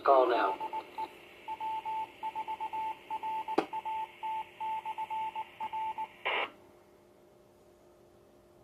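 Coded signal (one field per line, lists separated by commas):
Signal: Morse code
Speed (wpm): 19 wpm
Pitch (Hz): 880 Hz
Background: speech, radio noise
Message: DE W4RAT/R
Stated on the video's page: Morse code heard on a 145.430 MHz repeater during an ARES ragchew net, received on a RadioShack PRO-2036/2052 scanner.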